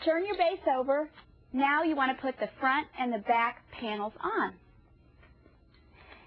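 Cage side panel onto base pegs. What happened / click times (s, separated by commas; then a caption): Handled, not yet home: no seating click heard / none. Someone talks while turning over the base of a GTmall Multi Stacker Expandable bird cage to fit the metal front and back panels onto the base pegs, followed by quiet handling with a faint tap near 5.7 s. The clip ends before the panel goes home, so nothing has seated or clicked yet.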